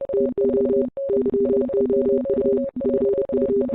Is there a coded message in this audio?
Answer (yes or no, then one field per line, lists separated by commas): yes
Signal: Morse code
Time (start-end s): 0.1-3.6 s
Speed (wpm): 30 wpm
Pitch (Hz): 400 Hz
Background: music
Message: TO YOU FU